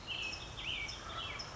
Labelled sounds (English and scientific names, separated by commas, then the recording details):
American Robin (Turdus migratorius)
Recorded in Sonoma County, California